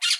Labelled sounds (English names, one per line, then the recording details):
Brown-throated Parakeet contact call
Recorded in Aruba
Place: Cunucu Arikok, S side of Ceru Arikok
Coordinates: 12.502, -69.950